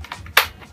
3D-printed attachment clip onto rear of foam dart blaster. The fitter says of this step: so and you hear a nice click